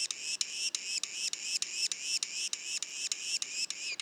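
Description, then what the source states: Yellow-bellied sapsucker juveniles: clear, harmonic, upslurred nasal notes repeated evenly about three times a second, each cut off by a click. Juveniles, Mont-Orford National Park, Quebec; mono recording.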